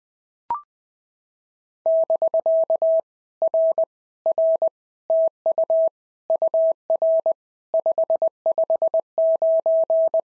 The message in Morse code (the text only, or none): <BK> R R TU UR 559